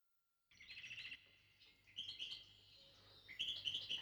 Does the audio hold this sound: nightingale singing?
yes